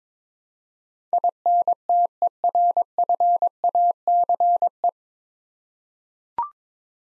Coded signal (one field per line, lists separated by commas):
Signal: Morse code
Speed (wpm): 22 wpm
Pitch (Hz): 700 Hz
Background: none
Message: INTERFACE